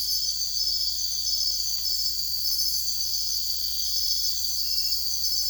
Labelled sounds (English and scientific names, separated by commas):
none